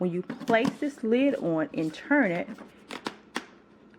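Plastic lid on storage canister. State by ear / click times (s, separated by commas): seated / 3.1 s, 3.4 s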